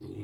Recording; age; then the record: pig call; weaner (32 to 43 days)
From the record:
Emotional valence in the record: positive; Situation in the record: positive conditioning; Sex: female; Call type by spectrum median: low-frequency call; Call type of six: low-frequency stable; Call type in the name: low-frequency stable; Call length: 0.23 s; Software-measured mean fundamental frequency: 43 Hz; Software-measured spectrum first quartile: 116 Hz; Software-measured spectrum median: 255 Hz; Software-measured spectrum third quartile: 376 Hz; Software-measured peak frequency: 114 Hz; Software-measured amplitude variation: 165 dB a second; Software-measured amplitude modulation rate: 30.0 a second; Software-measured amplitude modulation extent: 5.5 dB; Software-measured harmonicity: -1.1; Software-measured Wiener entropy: 0.23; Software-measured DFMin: 1101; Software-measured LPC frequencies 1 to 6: 331, 2232, 2644, 3578, 4312, 4942 Hz